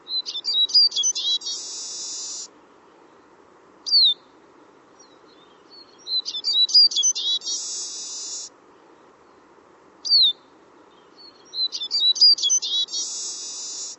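Bird calls: a fast run of sharp, high chirps ending in a buzzy trill, repeated three times about every six seconds, with single thin slurred notes between phrases and a low steady hum beneath.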